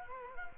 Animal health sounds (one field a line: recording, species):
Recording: mosquito wingbeat signal from an infrared sensor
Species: Culex quinquefasciatus